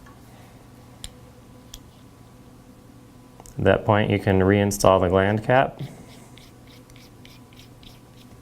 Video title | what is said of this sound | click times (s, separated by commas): Waterworks Lamson Reel Maintenance and Operation - AvidMax | twist until you hear it click and drop down a quarter inch or so into place | 1.0 s